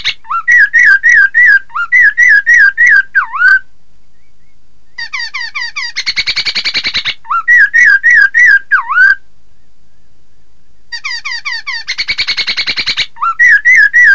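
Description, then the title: Laughingthrush song of wavering whistled phrases repeated in quick runs, alternating with dense chattering buzzy bursts, with short silent pauses between bouts. "Suara Kicau Burung Poksay"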